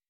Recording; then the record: hydrophone in a shrimp aquaculture tank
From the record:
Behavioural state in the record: weakened